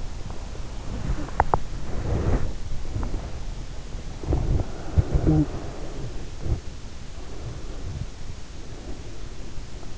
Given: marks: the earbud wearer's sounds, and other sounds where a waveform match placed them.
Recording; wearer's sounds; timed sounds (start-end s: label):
sounds in sleep by an in-ear microphone; teeth grinding, body movement, talking in sleep, breath
1.19-2.10 s: teeth grinding
1.87-7.70 s: body movement
5.07-5.53 s: talking in sleep
7.13-9.98 s: breath